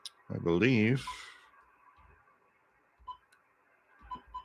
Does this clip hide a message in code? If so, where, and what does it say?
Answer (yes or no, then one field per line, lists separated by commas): no